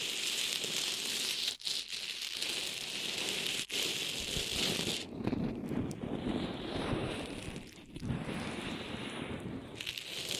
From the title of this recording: Ear Massage Triggers